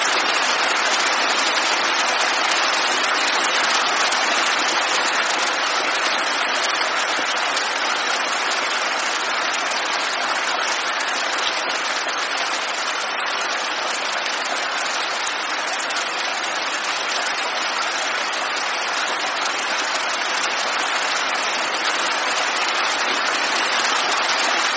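Steady light rain falls in a dense, even hiss of countless fine drops, with no pauses or swells over the whole stretch. The sound is bright and airy, with almost no low rumble, and stays at a constant level throughout.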